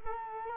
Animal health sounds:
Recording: mosquito wingbeat signal from an infrared sensor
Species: Culex quinquefasciatus

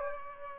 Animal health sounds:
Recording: mosquito wingbeat signal from an infrared sensor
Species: Aedes aegypti

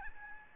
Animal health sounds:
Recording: mosquito wingbeat signal from an infrared sensor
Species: Aedes albopictus

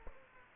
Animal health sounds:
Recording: mosquito wingbeat signal from an infrared sensor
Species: Aedes aegypti

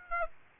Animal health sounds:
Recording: mosquito wingbeat signal from an infrared sensor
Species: Aedes aegypti

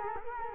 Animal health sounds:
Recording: mosquito wingbeat signal from an infrared sensor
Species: Culex quinquefasciatus

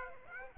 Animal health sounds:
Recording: mosquito wingbeat signal from an infrared sensor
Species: Aedes aegypti

